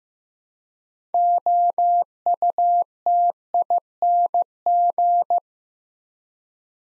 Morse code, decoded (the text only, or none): OUTING